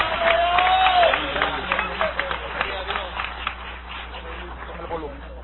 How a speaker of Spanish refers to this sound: Dale ese aplauso de gloria al Señor. Dale ese aplauso de gloria a Dios.